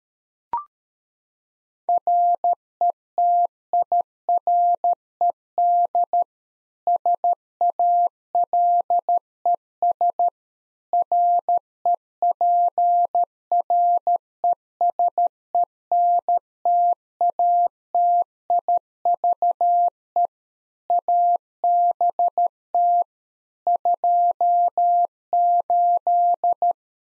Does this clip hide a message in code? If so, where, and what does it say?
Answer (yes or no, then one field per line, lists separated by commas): yes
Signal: Morse code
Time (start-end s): 1.9-26.7 s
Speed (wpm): 13 wpm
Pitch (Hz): 700 Hz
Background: none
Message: RETIRED SALES REPRESENTATIVE ABT 28